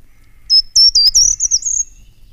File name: Grimpereau des jardins